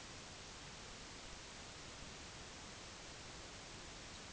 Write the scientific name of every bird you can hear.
none